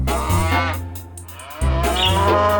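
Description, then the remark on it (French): Cows moo in two long, low, droning calls, one right after the other, loud and rich with harmonics, with no voices present. “Au revoir les vaches, à bientôt.”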